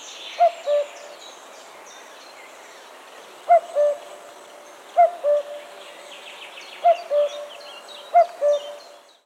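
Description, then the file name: Common cuckoo repeating its soft descending two-note cu-coo five times at irregular intervals, with other birds twittering steadily behind. "kuckuck"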